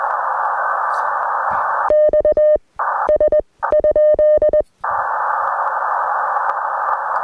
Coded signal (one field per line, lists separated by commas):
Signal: Morse code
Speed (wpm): 24 wpm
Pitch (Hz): 600 Hz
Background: none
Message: X S ?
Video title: Camping, Coffee, and a K2: Morning QRP POTA activation at Lake Norman State Park!